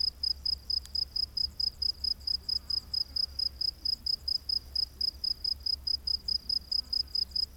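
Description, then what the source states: Cricket chirping, a high-pitched trill broken into rapid regular pulses, over a faint low rumble. Crickets recorded during the day.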